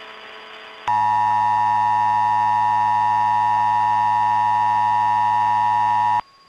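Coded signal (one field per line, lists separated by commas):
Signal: Emergency Alert System (SAME) tones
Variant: 853 and 960 Hz attention tone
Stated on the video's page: Fictional paranormal mock EAS alert.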